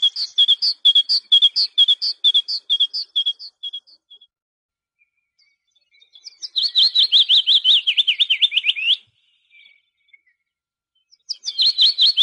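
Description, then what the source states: Great tit singing high repeated two-note phrases, then a fast rolling warble of rising and falling notes, then the two-note phrases return. Songbird training recording (Indonesian 'suara masteran').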